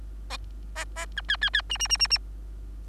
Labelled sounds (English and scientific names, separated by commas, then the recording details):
Bengalese Finch (Lonchura striata domestica) song
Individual Bird3